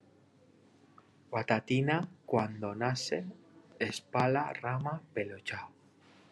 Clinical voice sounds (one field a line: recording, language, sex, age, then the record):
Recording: short text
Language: Brazilian Portuguese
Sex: male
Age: 40 to 49 years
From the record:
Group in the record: control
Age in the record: 48 years